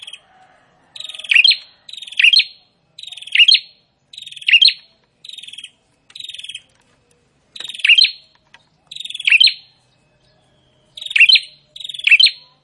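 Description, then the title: Prinia delivering rasping buzzy trills capped by sharp high notes, in clustered bursts separated by short pauses. Prinia singing actively (gacor). "Prenjak gacor"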